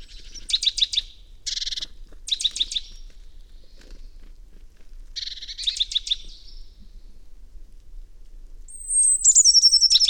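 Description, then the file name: Great tit calls: harsh buzzy chattering bursts of fast ticks in several groups, then a run of high thin notes near the end. "Parus major"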